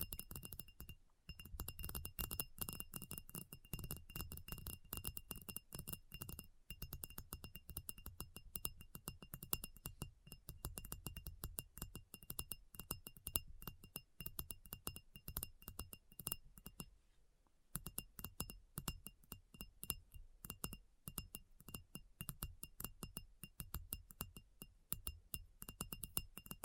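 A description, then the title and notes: Fast, dense tapping runs nearly nonstop, sharp clicks piling into quick irregular bursts with a faint glassy clink to some strikes. Brief gaps break the flow around one second, six seconds, and a longer pause near seventeen seconds before the tapping resumes. ASMR Addictive Tapping. (No Talking).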